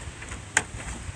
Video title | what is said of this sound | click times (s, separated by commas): 2010 GMC Sierra wiper motor replacement | make sure it snaps in place. | 0.6 s